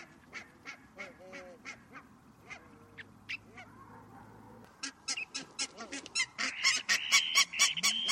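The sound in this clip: Bird calls: many short sharp notes repeated about twice a second, growing louder and denser near the end, with a few lower honking notes.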